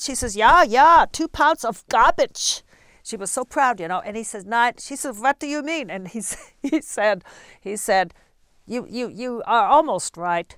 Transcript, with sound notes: She says, "Yeah, yeah, two pounds of gabbage." She was so proud, you know. And he said, "Nein" and she says "What do you mean?" And he says, (she laughs) he said, he said, "You are almost right."